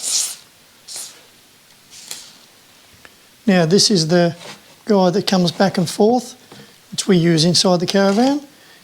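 Someone handles the plastic swivel pour spout of a caravan toilet cassette, which is about to be pushed back into its stowed position in the cassette body. Brief rustling handling noises come in the first three seconds, with a sharp tap at 2.1 s and a tiny tick at 3.1 s, and then someone talks. The spout has not clicked in yet.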